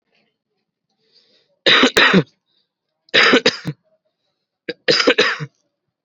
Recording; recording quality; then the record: shallow voluntary cough; excellent, no background noise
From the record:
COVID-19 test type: RT-PCR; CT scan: not taken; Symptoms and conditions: none ticked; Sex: male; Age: 18 years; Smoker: yes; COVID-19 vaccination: both doses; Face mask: worn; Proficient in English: yes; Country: India